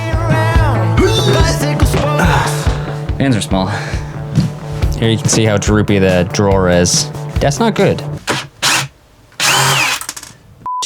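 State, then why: Stripped. Someone talks over music while pointing out a sagging fridge drawer slide in a van build. Then a quick burst of rattling hits at 10.0, 10.1, 10.2 and 10.2 seconds as a screw is driven into the fridge drawer slide mount and the bit cams out. The screw head strips.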